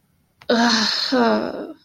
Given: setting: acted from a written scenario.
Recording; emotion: vocal sound without words; shame